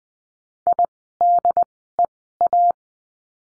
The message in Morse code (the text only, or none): IDEA